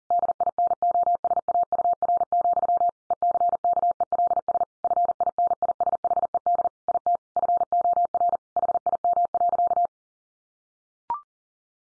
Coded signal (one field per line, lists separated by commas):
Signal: Morse code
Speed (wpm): 40 wpm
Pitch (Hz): 700 Hz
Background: none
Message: DINOSAUR, ECKELS FINISHED IT FOR HIM.